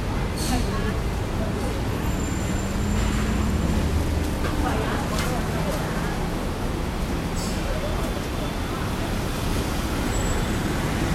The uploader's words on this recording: This is how it sounds when you find yourself on Queens Road Central, Hong Kong.